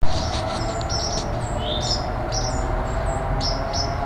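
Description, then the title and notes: Towhee calls: short, high, thin chirps scattered throughout, some slurred downward, over a steady low rumble of background noise. Recorded at home. "towhee-at-home by Christie Mullen"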